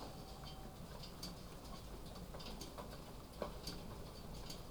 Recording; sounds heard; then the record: poultry house recording; sick chickens (respiratory disease)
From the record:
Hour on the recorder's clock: 22